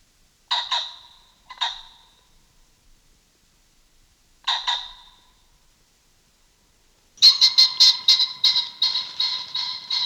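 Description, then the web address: Common pheasant uttering three separate harsh calls, then breaking into a rapid, rattling series of coarse cackling notes that runs to the end. "Pheasant"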